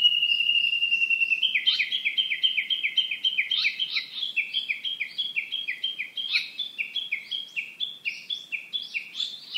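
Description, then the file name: Japanese bush warbler: a steady whistled note leading into a fast, tireless chain of paired high and lower notes that continues to the end. "uguisu"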